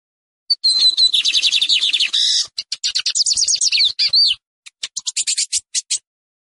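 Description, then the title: Lined seedeater with a long rapid trill, buzzy rattles and a looping whistled note, ending in a string of crisp ticking calls. Song used for warming up and training a pet bird. "Canto de Bigodinho. Canto de Bigode para Esquentar e Treinar seu Pássaro"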